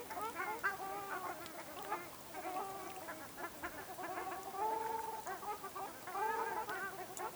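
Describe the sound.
Ruddy shelduck calls, nasal honks in an overlapping chorus, with two longer, drawn-out notes standing out in the second half.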